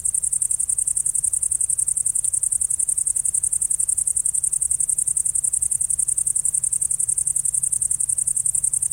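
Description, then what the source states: Great green bush-cricket giving a sustained high-pitched buzzy trill without pauses, with a soft low rumble underneath. Only males stridulate; now is the right time to listen, with air temperature at least 10 degrees, preferably much warmer.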